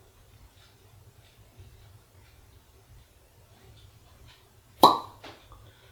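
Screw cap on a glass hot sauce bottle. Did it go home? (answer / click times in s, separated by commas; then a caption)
released / 4.8 s. A screw cap is twisted off a new glass hot sauce bottle to break the seal. After a quiet stretch, a single sharp pop rings out at 4.8 s, followed by a fainter click near 5.5 s. The seal is broken and the cap is released.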